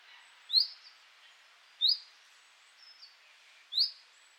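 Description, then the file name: Common chaffinch calling with three crisp, high chip notes spaced over a few seconds, faint softer chirps between them against light background noise. "Fringilla coelebs"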